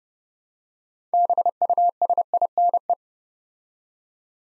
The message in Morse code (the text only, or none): BUSINE